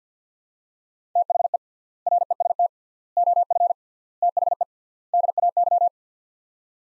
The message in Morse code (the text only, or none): THE REST OF THE DAY